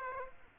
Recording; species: mosquito wingbeat signal from an infrared sensor; Aedes aegypti